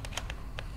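A plastic temperature scanner attachment is fitted onto the body of a Steinel heat gun, back end first, producing a few short, light handling ticks, the sharpest near 0.2 s, over a low steady hum. Nothing has seated or snapped in yet.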